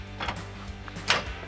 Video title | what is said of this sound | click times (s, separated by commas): Setting Up Your Rental Trailers' Sway Control Hitching - Scamper RV Rentals | you can hear it lock in and you can feel that it's firmly in place | 0.9 s, 1.1 s